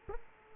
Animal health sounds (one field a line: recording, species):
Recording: mosquito wingbeat signal from an infrared sensor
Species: Culex quinquefasciatus